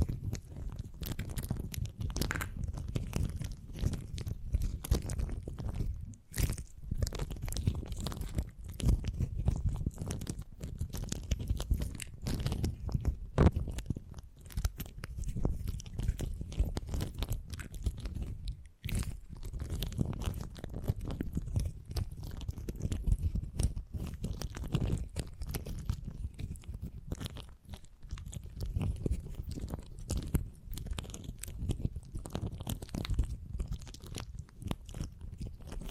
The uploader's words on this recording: ASMR 20 Brain Tingly Sounds Using Beeswax (No Talking).